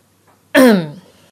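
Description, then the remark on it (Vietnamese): A single short, throaty vocal burst, starting abruptly and loud with a descending, rough harmonic tone before trailing off, as a man clears his throat before replying, with no speech around it. “Anh ta tăng hắng giọng, trân trọng trả lời.”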